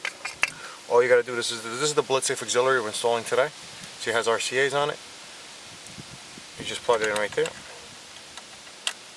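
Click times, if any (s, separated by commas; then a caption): 8.9 s. A BlitzSafe TOY/AUX DMX V.2 auxiliary adapter harness plug with RCA leads is pushed into the connector on the back of the car stereo of a 2005-2008 Toyota Matrix while someone talks. After the speech ends, a sharp, short click at 8.9 seconds marks the plug seating in the connector.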